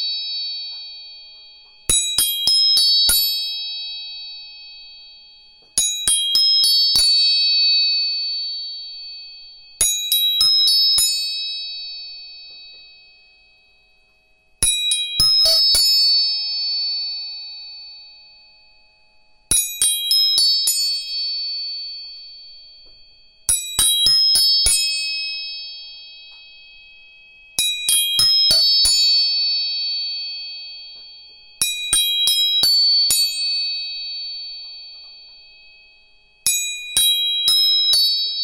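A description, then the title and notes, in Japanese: A tuning fork is struck again and again, about every four to five seconds, each strike a quick double or triple tap. Bright metallic ringing tones sound out and fade slowly between strikes over a silent background. 音叉チューニング全体性。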